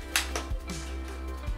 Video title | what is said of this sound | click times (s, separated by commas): Replacing a toilet seat with Bemis Whisper Close Toilet Seat | You'll just hear them snapping like so. | 0.2 s